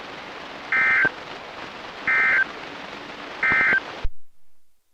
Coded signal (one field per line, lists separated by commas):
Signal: Emergency Alert System (SAME) tones